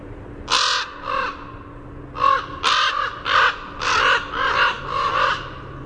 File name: CORA call